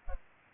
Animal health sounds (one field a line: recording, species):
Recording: mosquito wingbeat signal from an infrared sensor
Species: Culex pipiens